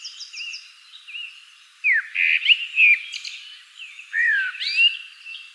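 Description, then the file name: Common blackbird song: a faint twitter at the start, then a loud run of fluty slurred whistles, a short pause, and a final warbled phrase. "Turdus merula"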